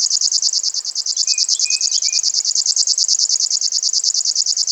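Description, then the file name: River warbler song, a dry, steady insect-like buzzing of rapid pulses, with a few faint thin whistles in the background. "sverchok rechnojj"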